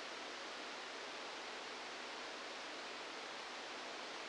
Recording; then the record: brain microelectrode recording played as sound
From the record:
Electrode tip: outside the subthalamic nucleus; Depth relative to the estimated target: -4 mm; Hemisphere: left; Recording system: NeuroSet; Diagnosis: Parkinson's disease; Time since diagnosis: 10 years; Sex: male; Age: 63 years